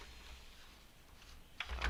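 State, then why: Seated. A 3.5-inch hard drive is worked into a plastic tool-less drive bracket for a QNAP TS-653D-4G NAS after it would not seat at first, because it just needed to be massaged in. After a low, quiet stretch of handling noise, a sharp click at 1.6 s marks the drive snapping into place, followed by another short knock near the end. The drive is seated in the tray.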